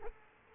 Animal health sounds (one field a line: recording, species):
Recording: mosquito wingbeat signal from an infrared sensor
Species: Culex quinquefasciatus